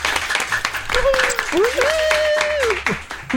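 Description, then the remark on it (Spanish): A steady patter of applause during a radio contest show, with a sustained, rising and falling voice, like a cheer or whoop, cutting over the clapping. “Bravo, un aplauso.”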